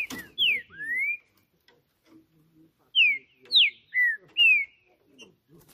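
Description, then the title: Green-winged saltator whistling two phrases: a short pair of slurred notes with a long rising whistle, then four ringing notes after a pause. Birds singing hard in a song contest on a roof, in a dispute; the Portuguese title calls the singing 'macheando', and two birds named Trinca Justiceiro and FBI are involved. "TRINCA Piando, Cantando E Macheando Na DISPUTA. Trinca Ferro CANTANDO MUITO de CARA em CIMA do TELHADO! Disputa INSANA!! TRINCA JUSTICEIRO & FBI"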